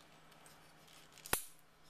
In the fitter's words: there we go clicks into place we've got the usb output there